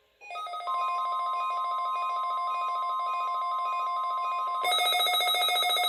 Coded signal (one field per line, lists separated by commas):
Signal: Emergency Alert System (SAME) tones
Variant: 1050 Hz attention tone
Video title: EAS #92 - Required Weekly Test